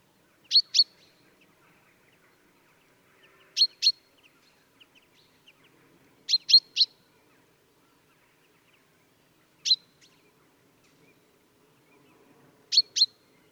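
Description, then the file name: Common chaffinch repeating sharp, metallic 'pink' calls, mostly in twos or threes, every three seconds or so, against a quiet background. "Fringilla coelebs"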